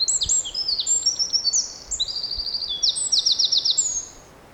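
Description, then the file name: Eurasian wren song, a loud, rapid stream of high whistled notes and buzzing trills over about four seconds, with steady background hiss. "Troglodytes troglodytes"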